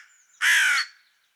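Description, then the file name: Carrion crow uttering a single harsh, flat caw lasting under half a second, with a faint higher bird note before it. "Corvus corone"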